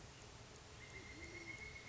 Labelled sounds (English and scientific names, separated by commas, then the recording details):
Pileated Woodpecker (Dryocopus pileatus)
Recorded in Sonoma County, California